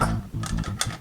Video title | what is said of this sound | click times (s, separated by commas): LEGO DUPLO TRUCK & TRACKED EXCAVATOR CONSTRUCTION PLAYSET, WORK AT LEGO DUPLO BIG CONSTRUCTION SITE | you heard the click right yes then that so then that means it's in so | 0.8 s